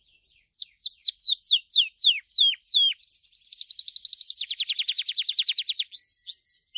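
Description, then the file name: Gloster canary song: a string of sweeping downward whistles, switching into a long fast rolling trill, then two short high bursts. "canto do canario gloster"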